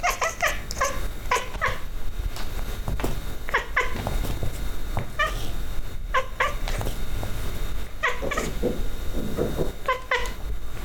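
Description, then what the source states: Cat chattering calls: bursts of quick stuttering chirps and clicks separated by short pauses, against steady low-frequency noise. Cat hunting.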